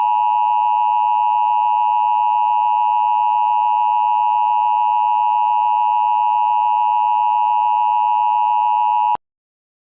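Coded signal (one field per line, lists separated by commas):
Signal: Emergency Alert System (SAME) tones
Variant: 853 and 960 Hz attention tone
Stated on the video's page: Mock EAS alert made on a U-verse TV alert template; not a real alert.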